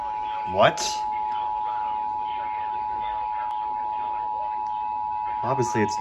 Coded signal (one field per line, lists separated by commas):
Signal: Emergency Alert System (SAME) tones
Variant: 853 and 960 Hz attention tone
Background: speech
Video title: Tornado Warning TV EAS and Severe Thunderstorm warning